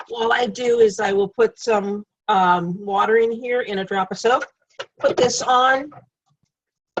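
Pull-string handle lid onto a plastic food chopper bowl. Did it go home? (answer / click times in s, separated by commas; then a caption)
yes / 7.0 s. Someone talks while adding water and a drop of soap to a plastic food chopper bowl, then puts on the pull-string handle lid. A short sharp snap is heard at 7.0 seconds as the handle lid seats onto the bowl.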